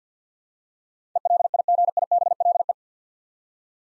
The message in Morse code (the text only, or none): ELIGIBLE